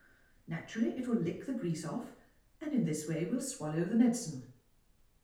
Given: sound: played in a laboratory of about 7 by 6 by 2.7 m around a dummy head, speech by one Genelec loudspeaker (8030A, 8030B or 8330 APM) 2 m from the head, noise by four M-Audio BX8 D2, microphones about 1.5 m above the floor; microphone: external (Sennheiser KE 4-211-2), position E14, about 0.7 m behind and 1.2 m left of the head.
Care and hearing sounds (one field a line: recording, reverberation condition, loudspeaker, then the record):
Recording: female speech in English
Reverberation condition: medium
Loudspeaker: 60 degrees to the right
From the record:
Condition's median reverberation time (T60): about 510 ms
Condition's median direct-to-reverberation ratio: about -0.5 dB